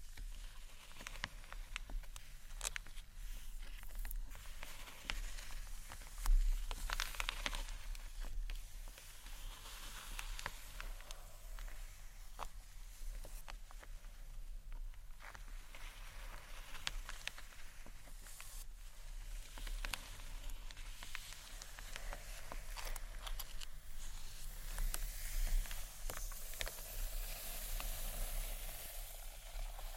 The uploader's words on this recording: ASMR Gentle SCRATCHY TAPPING on BOOKS （No Talking）.